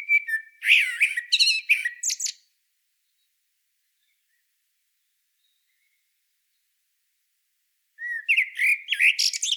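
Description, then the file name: Common blackbird song: two fluted warbling phrases starting low and mellow and rising into high squeaky twittering, separated by about five and a half seconds of silence, the second phrase cut off at the end. "Turdus merula"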